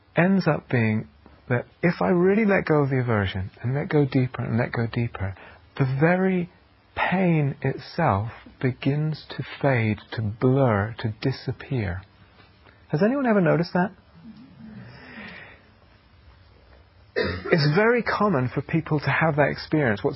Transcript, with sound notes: ends up being that, if I really let go of the aversion, and let go deeper, and let go deeper, the very pain itself begins to fade, to blur, to disappear. Has anyone ever noticed that? [affirmative noises] It's very common for people to have that experience.